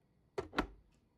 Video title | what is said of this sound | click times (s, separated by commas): Fixing the Towers | and then it locks in place. And that's beautiful. | 0.4 s, 0.6 s